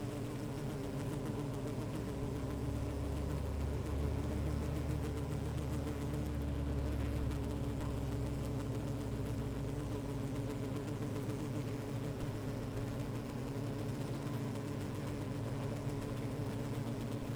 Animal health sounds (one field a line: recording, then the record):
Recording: honeybee colony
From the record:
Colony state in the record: active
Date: 28 July 2017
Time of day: 15:39